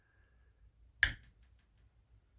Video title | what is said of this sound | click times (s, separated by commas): Rough Rider (Ryder) RR2458 Spades, Black Appaloosa Bone, Coke Bottle Jack Pocket Knife, EDC | really snaps open um | 1.0 s